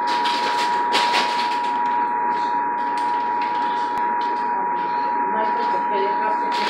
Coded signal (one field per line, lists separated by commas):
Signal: Emergency Alert System (SAME) tones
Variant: 853 and 960 Hz attention tone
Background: speech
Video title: SoCal Severe Weather Alerts (EAS #1222-1223) 7/22/19